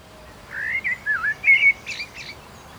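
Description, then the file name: Common blackbird song phrase, a soft low whistled warble of several notes followed by a thin, high-pitched twittering flourish over light background noise. "Turdus merula"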